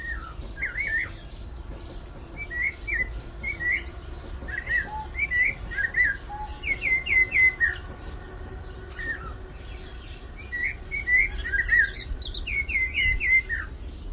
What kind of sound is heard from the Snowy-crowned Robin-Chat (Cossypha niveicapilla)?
song